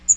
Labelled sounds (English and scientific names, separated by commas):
Magnolia Warbler (Setophaga magnolia) flight call